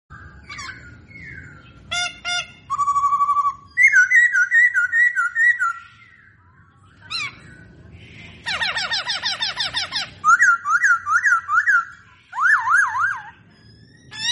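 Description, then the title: Masked laughingthrush singing, varied clear whistled phrases with fast repeated notes, trills and rolling wavering runs, broken by short pauses, over a faint low hum. Young bird, singing in the morning. "Kicauan Pagi Poksay Hongkong Muda"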